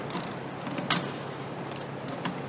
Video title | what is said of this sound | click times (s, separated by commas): USC Tension | we hear our torque wrench click okay | 0.9 s